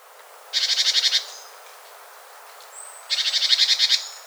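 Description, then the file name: Great tit giving two churring rattles of quick repeated notes, each burst brief and buzzy, with a thin high whistle between them. "Parus major"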